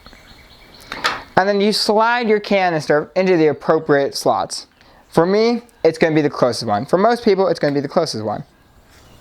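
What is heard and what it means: While a camp stove is being set up and a canister slides into its slots, a folding stove piece is handled toward the stove body and canister mount, with brief sharp handling sounds near 0.9 and 1.1 seconds before someone talks over the rest of the clip. The piece has not yet snapped into place; nothing has seated or clicked by the end.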